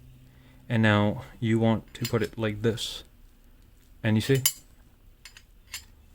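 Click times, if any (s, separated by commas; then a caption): 5.2 s, 5.4 s, 5.7 s. Someone talks while a metal standoff strut for a FormD T1 small form factor PC case is set in the correct orientation and pressed into the case frame. Light metallic clinks at 5.3, 5.4 and 5.7 seconds mark the strut locking into place, seated and ready to be screwed in.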